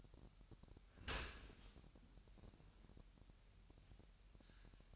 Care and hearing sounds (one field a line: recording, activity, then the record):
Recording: daily activity, microphone in the room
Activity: open dishwasher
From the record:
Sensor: 2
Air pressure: 998.1 hPa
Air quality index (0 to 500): 148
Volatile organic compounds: 4 ppm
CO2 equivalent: 1677 ppm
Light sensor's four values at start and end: 10/30/12/11 and 10/30/12/11